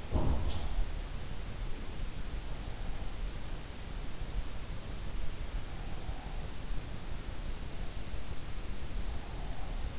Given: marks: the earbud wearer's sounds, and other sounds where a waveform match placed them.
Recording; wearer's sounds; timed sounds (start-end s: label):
sounds in sleep by an in-ear microphone; teeth grinding
0.00-0.88 s: teeth grinding